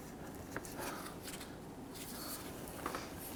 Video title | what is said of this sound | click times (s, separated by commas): How to Replace AC Condenser & Receiver Drier Assembly 2011-2021 Jeep Grand Cherokee 3.6L V6 | okay our AC condenser is locked into place | 0.6 s, 2.9 s